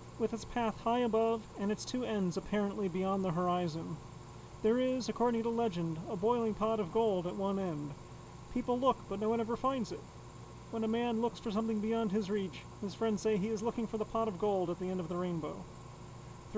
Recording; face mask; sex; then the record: reading aloud; surgical mask; male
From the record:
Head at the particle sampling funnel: tilted down, bridge of the nose in front of it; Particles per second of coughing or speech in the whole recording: 0.276